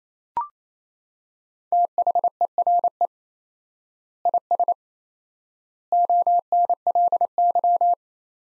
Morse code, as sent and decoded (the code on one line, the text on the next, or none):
- .... . .-. . / .. ... / --- -. .-.. -.--
THERE IS ONLY